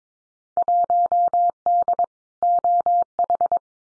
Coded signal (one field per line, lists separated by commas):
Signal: Morse code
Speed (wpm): 22 wpm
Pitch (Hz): 700 Hz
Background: none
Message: 1D OH